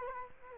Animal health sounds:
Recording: mosquito wingbeat signal from an infrared sensor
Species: Culex quinquefasciatus

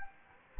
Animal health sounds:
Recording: mosquito wingbeat signal from an infrared sensor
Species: Anopheles gambiae

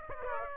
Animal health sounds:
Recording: mosquito wingbeat signal from an infrared sensor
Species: Aedes aegypti

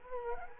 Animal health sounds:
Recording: mosquito wingbeat signal from an infrared sensor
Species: Culex quinquefasciatus

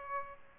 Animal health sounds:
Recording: mosquito wingbeat signal from an infrared sensor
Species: Aedes aegypti

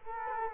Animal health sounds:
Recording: mosquito wingbeat signal from an infrared sensor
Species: Culex quinquefasciatus

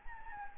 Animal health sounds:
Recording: mosquito wingbeat signal from an infrared sensor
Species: Anopheles arabiensis

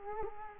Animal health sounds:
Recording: mosquito wingbeat signal from an infrared sensor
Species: Culex quinquefasciatus

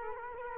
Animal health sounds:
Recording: mosquito wingbeat signal from an infrared sensor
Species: Culex quinquefasciatus

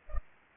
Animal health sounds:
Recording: mosquito wingbeat signal from an infrared sensor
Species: Culex pipiens

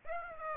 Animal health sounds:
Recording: mosquito wingbeat signal from an infrared sensor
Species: Aedes aegypti

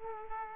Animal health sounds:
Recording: mosquito wingbeat signal from an infrared sensor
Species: Aedes aegypti

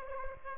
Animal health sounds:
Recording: mosquito wingbeat signal from an infrared sensor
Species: Aedes aegypti

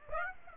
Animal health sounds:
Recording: mosquito wingbeat signal from an infrared sensor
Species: Aedes aegypti

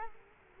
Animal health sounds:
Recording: mosquito wingbeat signal from an infrared sensor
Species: Culex quinquefasciatus

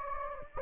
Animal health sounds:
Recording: mosquito wingbeat signal from an infrared sensor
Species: Anopheles gambiae

